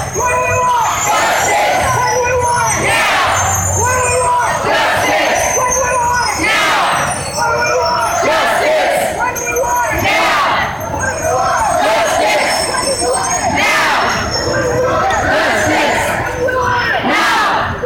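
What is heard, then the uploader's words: A large march fills the air with dense crowd voices and rhythmic chanting that swells every second or two. Thin, high squeals from bicycle brakes hang above the crowd throughout, while the overall level stays loud and steady. Police Bicycle Brakes Underscore Black Lives Matter March. Phone recording (straight to Soundcloud) of police bicycle brakes adding an eerie presence to a Seattle Black Lives Matter march.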